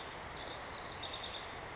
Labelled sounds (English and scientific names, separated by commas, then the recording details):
House Wren (Troglodytes aedon)
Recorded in Sonoma County, California